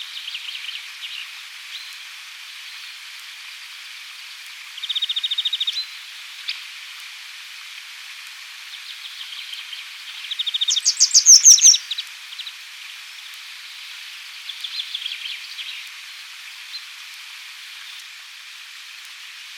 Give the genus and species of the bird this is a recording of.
Motacilla cinerea